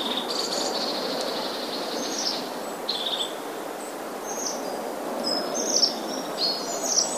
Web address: wroblowe ptaki czubatki